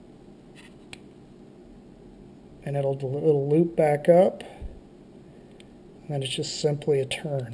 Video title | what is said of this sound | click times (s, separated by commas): Drop Shot Clips with Dead Stick Jig Heads and Slab Spoons | I just slid that over the hole and you'll kind of hear it snap | 0.9 s